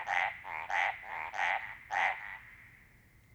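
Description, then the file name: Mountain treefrog calling, a short series of nasal, harmonic notes, then fading into quiet. "Hyla eximia"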